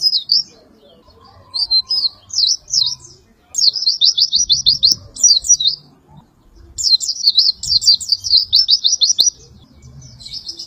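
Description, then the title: White-eye giving a few sharp high notes, then two long runs of fast repeated twittering notes, separated by brief silence. "Pleci"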